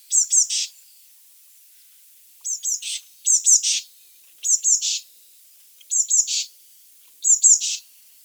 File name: Cyanistes caeruleus